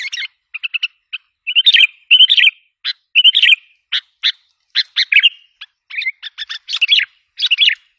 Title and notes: Kicau Burung Kutilang